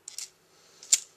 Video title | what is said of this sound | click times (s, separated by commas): Kapow! Toys Presents... Dark of the Moon Voyager Class Shockwave | that's it and it does lock into place there | 0.9 s